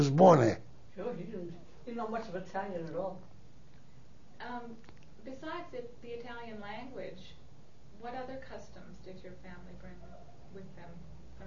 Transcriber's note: wife speaks off microphone